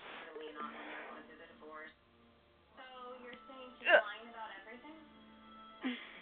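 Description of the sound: Conversational speech broken by two abrupt, sharp gulping bursts, typical of hiccups interrupting talking.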